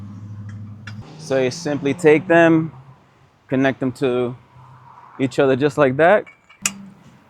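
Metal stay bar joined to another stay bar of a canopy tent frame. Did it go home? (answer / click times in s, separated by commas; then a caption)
yes / 6.7 s. Two metal stay bars of a canopy tent frame are pushed together while someone talks. A sharp snap at 6.7 s marks the bar seating into place against the other stay bar.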